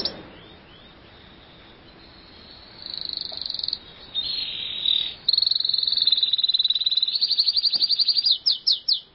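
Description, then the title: Canary song made of high rattling rolls and buzzy trills that shift speed, ending in a brisk pulsed series of sharp notes. "Kenari"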